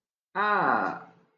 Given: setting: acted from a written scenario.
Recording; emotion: vocal sound without words; guilt